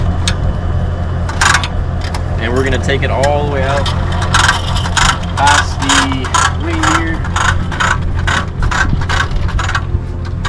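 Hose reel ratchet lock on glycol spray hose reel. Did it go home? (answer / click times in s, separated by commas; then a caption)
no / none. A glycol spray hose is pulled out of its reel past a certain length, with repeated short scraping and knocking sounds over a steady low hum while someone talks. The hose reel's ratchet lock has not clicked or engaged yet.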